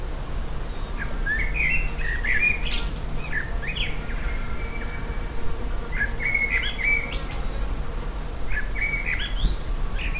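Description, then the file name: Common blackbird giving repeated song phrases with squeaky high endings, several bursts throughout, over a steady low rumble. "Turdus merula"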